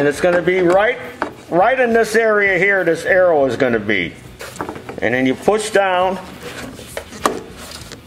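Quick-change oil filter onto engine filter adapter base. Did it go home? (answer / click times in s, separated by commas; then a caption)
yes / 7.3 s. A quick-change oil filter is pushed down onto its engine filter adapter base on a John Deere riding mower while someone talks. Light knocks and handling sounds come at about 4.6 to 4.9 seconds. A sharp click at 7.3 seconds marks the filter seating onto the adapter.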